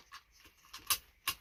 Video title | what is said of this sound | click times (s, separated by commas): Seatbelt extensions to stop that annoying ding | Just clicks right in, | 1.3 s